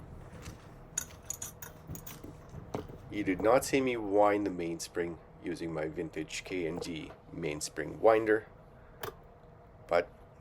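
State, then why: Seated. A wound mainspring for a Longines 23Z watch is released from a vintage K&D mainspring winder into the watch's metal barrel while someone talks, with small metallic ticks early on. A single sharp click at 9.0 s marks the mainspring seating in the barrel.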